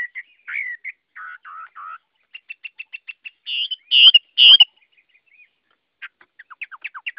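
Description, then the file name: Chinese hwamei song mixing low slurred notes, a row of short even chirps, three loud harsh notes and a final set of falling whistles. Song in the style called "giọng rừng" (forest voice). "Tieng hoa mi hot giong rung"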